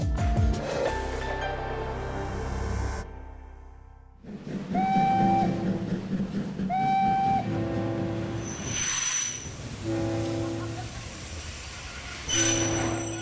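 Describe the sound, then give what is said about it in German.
A train rolls along the tracks with a steady, heavy rumble, while high squealing wheel tones and horn-like sustained notes rise and fall over the clatter. No one speaks. “Um 7 Uhr früh ist der Zug stehen geblieben.”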